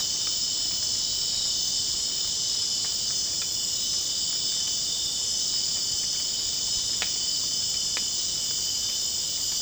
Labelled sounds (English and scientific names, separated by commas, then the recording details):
none
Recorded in dense forest near Puerto Asís, Putumayo, Colombia, on 24 June 2025 at 21:30
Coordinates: 0.499, -76.324
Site G100